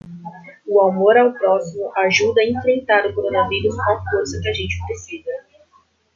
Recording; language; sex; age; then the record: spoken sentence; Brazilian Portuguese; female; 20 to 29 years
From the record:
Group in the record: control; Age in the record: 27 years